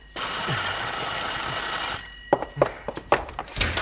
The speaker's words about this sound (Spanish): Un momento, un momento. No puedo atender al mismo tiempo el teléfono y la puerta de la calle. Alguien tiene que esperar.